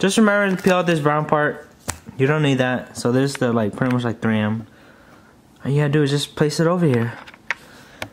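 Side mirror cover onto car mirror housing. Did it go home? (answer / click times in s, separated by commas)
yes / 7.5 s, 8.0 s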